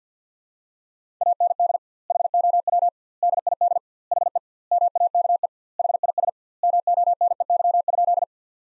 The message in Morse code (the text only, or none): AND HOW DID HE MAKE HIS MONEY?